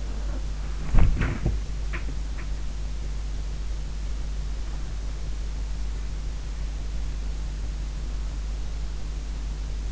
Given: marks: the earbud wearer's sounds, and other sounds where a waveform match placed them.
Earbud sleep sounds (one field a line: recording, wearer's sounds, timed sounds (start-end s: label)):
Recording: sounds in sleep by an in-ear microphone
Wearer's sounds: body movement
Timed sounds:
0.00-2.68 s: body movement